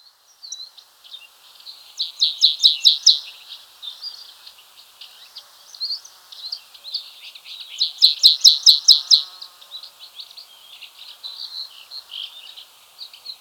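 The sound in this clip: White-capped bunting song: two bursts of quick, bright repeated notes about six seconds apart, with soft high twittering filling the gaps between them.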